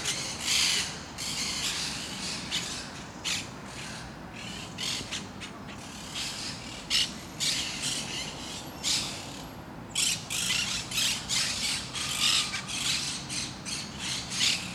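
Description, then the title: Parakeets screech in a long, rough, ratcheting stream of harsh calls, several overlapping, with brief pauses. Parakeets in Parc de Forest, Saint-Gilles, Belgium; Sony PCM-D100, internal microphones in wide position. "Parc de Forest, 1060 Saint-Gilles, Belgique - Parakeets - Perruches"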